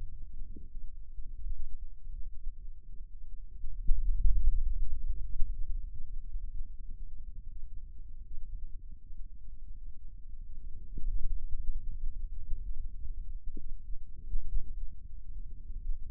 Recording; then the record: forearm muscle sounds (acoustic myography)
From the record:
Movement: pen grasping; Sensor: system 2, bracelet of six BSWA MPA416 microphones around the upper forearm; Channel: 3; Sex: male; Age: 22 years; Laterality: right